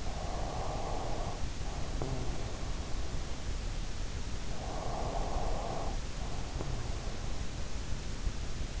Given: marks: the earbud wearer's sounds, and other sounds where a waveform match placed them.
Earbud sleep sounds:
sounds in sleep by an in-ear microphone; snoring breath, breath
0.00-2.48 s: snoring breath
4.68-7.07 s: breath

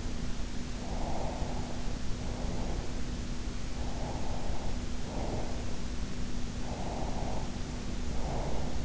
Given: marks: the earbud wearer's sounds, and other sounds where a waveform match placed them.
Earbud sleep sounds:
sounds in sleep by an in-ear microphone; breath
0.85-2.71 s: breath
3.81-5.68 s: breath
6.62-8.85 s: breath

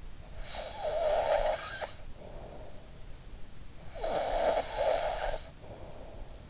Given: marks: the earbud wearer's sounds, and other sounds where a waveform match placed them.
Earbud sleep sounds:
sounds in sleep by an in-ear microphone; snoring breath
0.31-2.73 s: snoring breath
3.59-6.50 s: snoring breath

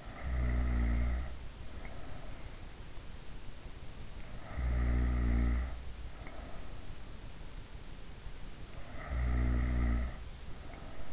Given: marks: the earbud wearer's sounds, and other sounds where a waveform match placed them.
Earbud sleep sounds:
sounds in sleep by an in-ear microphone; snoring breath
0.00-2.33 s: snoring breath
4.50-6.62 s: snoring breath
8.75-11.13 s: snoring breath

